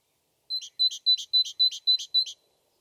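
Great tit delivers one fast, even series of seven two-note phrases, each a sharp high whistle paired with a lower, ringing downslurred note, in otherwise quiet surroundings.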